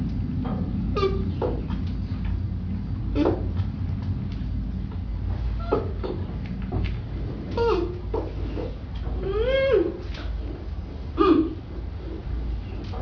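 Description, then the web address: Panda calls: scattered short harmonic bleats and yelps, some rising then falling, the loudest near the end, over a steady low rumble. Captive panda in a cage, with ambient atmosphere. "suono atmosferico di un panda in gabbia"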